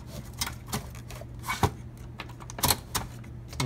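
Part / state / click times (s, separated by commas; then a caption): car stereo head unit into dashboard mounting bracket / seated / 3.0 s, 3.6 s. A car stereo head unit is slid by hand into the dashboard mounting bracket of a Saturn Vue. Scraping and knocking sounds come from the unit moving in, then sharp clicks at 3.0 s and 3.6 s as it locks into place, seated.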